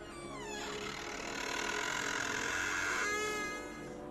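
A door creaks open slowly with one long, eerie, whining creak lasting about four seconds. Its pitch slides down, holds steady, then bends upward before fading. No voices.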